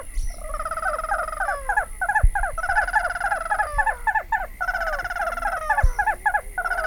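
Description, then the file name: Ash-throated crake calling in fast, grating runs of rich, downslurred notes, repeated in quick bursts with short pauses between them. Recorded 15 December 2009. "Porzanaalbicollis 15 dec 09"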